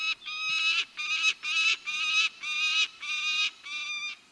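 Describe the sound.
Peregrine falcon calls: a steady series of several harsh, nasal notes, each under half a second long, with short gaps between them.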